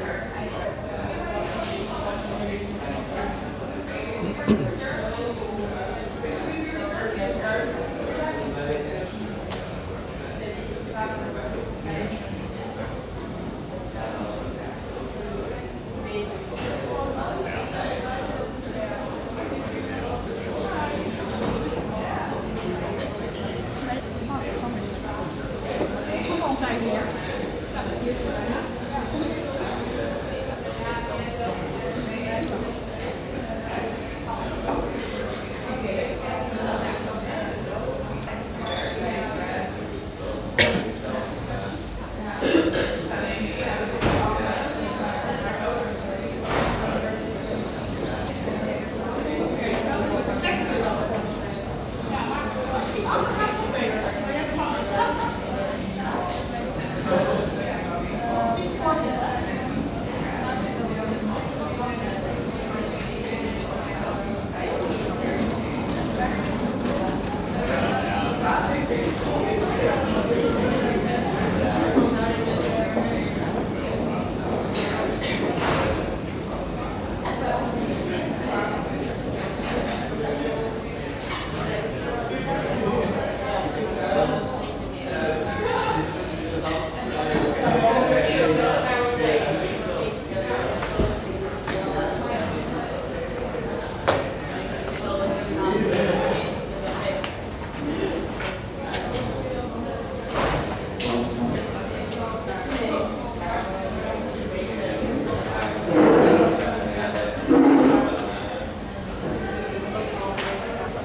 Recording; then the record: background sound without coughing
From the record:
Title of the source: 40 min - Ambience sounds UNIVERSITY lunchroom chatting